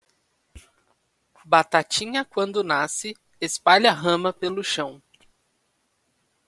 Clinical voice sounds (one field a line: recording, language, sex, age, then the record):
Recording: short text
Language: Brazilian Portuguese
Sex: male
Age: 20 to 29 years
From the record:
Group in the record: control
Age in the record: 26 years